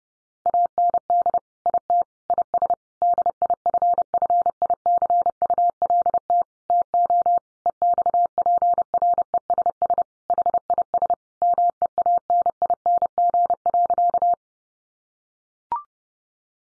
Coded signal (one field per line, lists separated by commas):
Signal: Morse code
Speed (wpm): 30 wpm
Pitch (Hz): 700 Hz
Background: none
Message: AND IT IS DIFFICULT TO EXPRESS HIS MEANING.